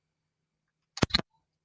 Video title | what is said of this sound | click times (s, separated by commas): Beauty Cares: Rodrick Samuels | heard that click it's like a seatbelt you want to make sure that anytime that you're using guards on | 1.0 s, 1.2 s